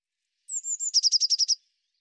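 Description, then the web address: Eurasian blue tit: a single phrase of three high, thin, sliding notes, then seven quick buzzy pulses in an even trill. Nothing else is audible. "cianscape birddata Deverinetal 2025 File cleaned normalized Bird Cy Ca"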